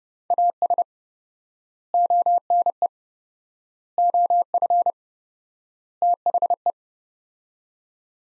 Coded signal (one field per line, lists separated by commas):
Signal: Morse code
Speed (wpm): 31 wpm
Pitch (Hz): 700 Hz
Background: none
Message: AS ONE OF THE